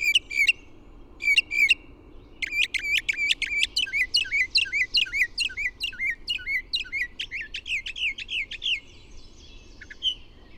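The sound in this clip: Bird song: a few high notes, then a long, rapid run of bouncing notes that dip and rise, fading out near the end.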